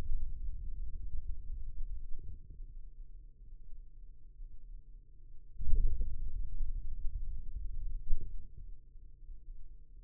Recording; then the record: forearm muscle sounds (acoustic myography)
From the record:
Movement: hand opening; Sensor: system 2, bracelet of six BSWA MPA416 microphones around the upper forearm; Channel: 4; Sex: male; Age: 22 years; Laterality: right